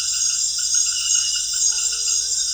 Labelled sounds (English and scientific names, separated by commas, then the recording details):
none
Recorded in secondary vegetation near Puerto Asís, Putumayo, Colombia, on 22 June 2025 at 18:30
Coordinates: 0.498, -76.327
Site GP09